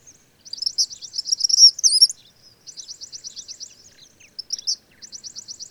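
Bird song: quick, high-pitched repeated notes in fast trills, broken by brief sharp whistled accents, then more trilled bursts.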